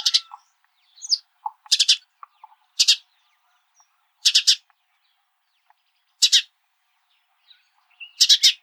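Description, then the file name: House sparrow calls: emphatic double and triple chirps repeated every second or two, with a few faint quieter notes in the gaps. "Passer domesticus"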